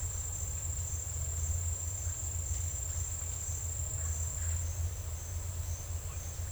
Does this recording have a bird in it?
no